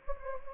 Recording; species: mosquito wingbeat signal from an infrared sensor; Anopheles gambiae